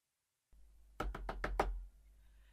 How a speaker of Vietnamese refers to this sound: Tiếng đập cửa từ bên ngoài đã vọng tới.